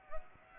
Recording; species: mosquito wingbeat signal from an infrared sensor; Aedes aegypti